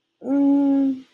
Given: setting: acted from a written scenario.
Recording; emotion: vocal sound without words; embarrassment